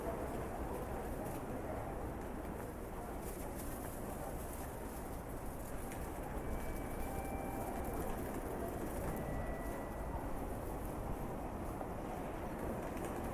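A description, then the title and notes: Trains coming and going fill the clip with a steady, dense low rumble that holds at an even level throughout. A few thin, sustained tones surface briefly around the middle, and faint scattered clicks and knocks sit in the background. TRAIN STATION IN JAPAN AMBIENCE.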